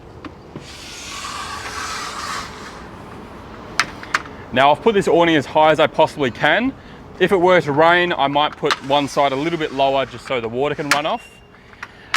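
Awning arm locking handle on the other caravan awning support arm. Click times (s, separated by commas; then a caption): 3.8 s, 4.1 s. The locking handle on the other support arm of a Jayco manual caravan awning is worked after a stretch of soft broadband rustling. Two sharp clicks at 3.8 s and 4.2 s mark the handle locking the arm into place. Someone then talks.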